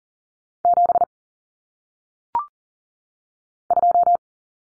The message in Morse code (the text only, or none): 7 2